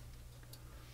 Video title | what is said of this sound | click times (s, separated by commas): Build the Volkswagen T1 Samba Camper Van, Issues 98, 99, 100, 101, and 102 - ASMR | if you kind of push on the inside push up and it will snap right in | 0.5 s